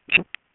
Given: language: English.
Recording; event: throat vibration sensor signal played as sound; swallow